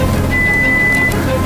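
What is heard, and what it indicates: A steady, thin, mid-high whistle-like tone sounds for about 0.8 seconds over low background rumble and noise. It is a 2000 Hz pure-tone audiometry test tone played through headphones during a hearing test, used in a quiet environment to check the ear's ability to distinguish low- and high-frequency sounds.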